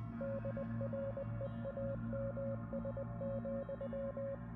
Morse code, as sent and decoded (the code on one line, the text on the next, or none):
-.. .-. . .- -- ... --..--
DREAMS,